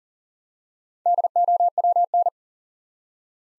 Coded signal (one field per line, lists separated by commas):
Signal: Morse code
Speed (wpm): 40 wpm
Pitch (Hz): 700 Hz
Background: none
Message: DOWN